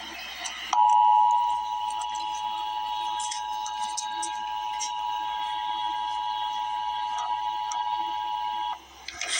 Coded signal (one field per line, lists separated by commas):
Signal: Emergency Alert System (SAME) tones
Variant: 853 and 960 Hz attention tone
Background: speech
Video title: EAS Update - Winter Storm Warning - Jan 24, 2026 at 8:48 PM EST